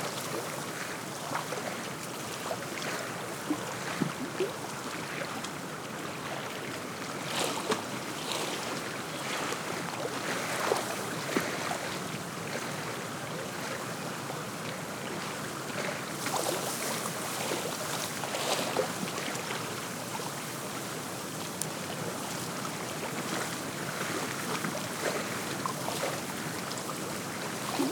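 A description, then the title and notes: Small wind waves lap constantly against a reedy shore, with frequent soft splashes and gusts of breeze rustling dry grasses and branches nearby. I recorded this on a breezy winter afternoon beside Big Lake in the northeast corner of Shasta County, California. The constant lapping of small wind waves against the tule lined shore is punctuated by the soft sound of the wind blowing through the bare branches of nearby trees and the gentle rustling of dry grasses.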